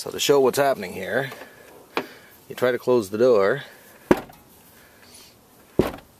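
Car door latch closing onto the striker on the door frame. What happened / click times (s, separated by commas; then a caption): The door latch fails to catch / none. Someone talks while swinging the door of a 2005 Pontiac Sunfire shut onto the striker on the door frame, but its stuck latch blocks it. The door hits against something with loud thumps at about 4.1 s and 5.8 s, after a smaller knock at 2.0 s. Nothing has latched or clicked yet.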